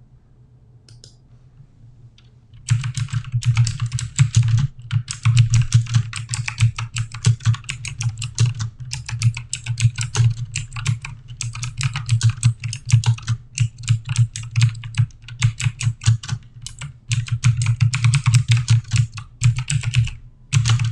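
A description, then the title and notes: Fast, steady typing on a keyboard begins after a quiet two seconds, dense clicking with a low thocky thud, continuous to the end. ASMR TYPING. Keyboard: Blue Yeti.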